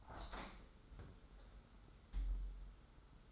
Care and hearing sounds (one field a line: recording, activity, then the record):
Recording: daily activity, microphone in the room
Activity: open window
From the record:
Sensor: 3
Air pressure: 991.3 hPa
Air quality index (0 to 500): 122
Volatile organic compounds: 107 ppm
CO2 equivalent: 3800 ppm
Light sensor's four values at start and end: 48/133/54/47 and 48/132/54/48